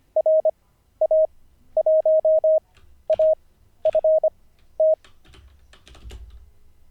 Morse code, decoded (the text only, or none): RA1AFT